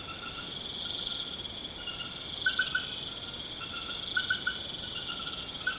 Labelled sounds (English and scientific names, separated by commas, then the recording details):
none
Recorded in pastures near Puerto Asís, Putumayo, Colombia, on 24 March 2025 at 22:30
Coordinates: 0.472, -76.329
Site G074